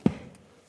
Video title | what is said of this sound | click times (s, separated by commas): How to Replace Rear ABS Sensor 1997-2001 Lexus ES300 | This one fell right in, so I'm going to press it down and lock it. You'll hear a click. | 0.1 s